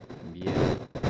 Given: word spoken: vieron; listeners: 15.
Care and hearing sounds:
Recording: one Spanish word in noise, from a listening test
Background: noise modulated by one talker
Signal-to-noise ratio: -11.0 dB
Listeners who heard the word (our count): 0 of 15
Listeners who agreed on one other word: 7 of 15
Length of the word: 0.70 s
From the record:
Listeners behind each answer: 7, 3, 1, 1, 1, 1, 1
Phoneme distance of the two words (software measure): 17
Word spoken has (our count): 2 syllables, 6 phonemes, stress on syllable 1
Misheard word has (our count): 2 syllables, 5 phonemes, stress on syllable 1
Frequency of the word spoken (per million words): 29.26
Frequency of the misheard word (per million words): 134.75

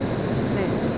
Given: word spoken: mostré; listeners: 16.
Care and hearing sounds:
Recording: one Spanish word in noise, from a listening test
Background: speech-shaped noise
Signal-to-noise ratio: -6.7 dB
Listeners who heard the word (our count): 0 of 16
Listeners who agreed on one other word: 9 of 16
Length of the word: 0.58 s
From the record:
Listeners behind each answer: 9, 3, 1, 1, 1, 1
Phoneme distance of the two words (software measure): 31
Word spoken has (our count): 2 syllables, 6 phonemes, stress on syllable 2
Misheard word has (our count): 2 syllables, 5 phonemes, stress on syllable 2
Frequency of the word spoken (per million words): 1.11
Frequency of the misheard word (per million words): 328.22

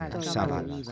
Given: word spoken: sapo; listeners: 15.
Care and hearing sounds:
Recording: one Spanish word in noise, from a listening test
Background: four-talker babble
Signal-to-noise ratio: -1.4 dB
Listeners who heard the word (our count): 0 of 15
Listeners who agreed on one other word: 10 of 15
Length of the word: 0.52 s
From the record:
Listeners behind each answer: 10, 2, 1, 1, 1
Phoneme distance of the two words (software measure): 41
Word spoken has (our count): 2 syllables, 4 phonemes, stress on syllable 1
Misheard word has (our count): 3 syllables, 7 phonemes, stress on syllable 2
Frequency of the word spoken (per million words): 3.38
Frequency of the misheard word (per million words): 0.95

